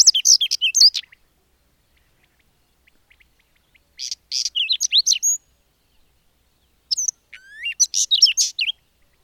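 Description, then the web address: Bird song in three bright bursts of quick, high chirps and twittering notes, separated by quiet gaps. "madarak enek"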